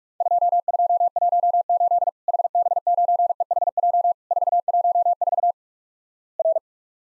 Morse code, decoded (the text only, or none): 2218 HB9EHJ 414 R